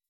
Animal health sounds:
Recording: hydrophone in a shrimp aquaculture tank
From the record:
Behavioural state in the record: weakened

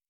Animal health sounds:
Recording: hydrophone in a shrimp aquaculture tank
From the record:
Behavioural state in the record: normal

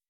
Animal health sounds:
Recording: hydrophone in a shrimp aquaculture tank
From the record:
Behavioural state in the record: weakened

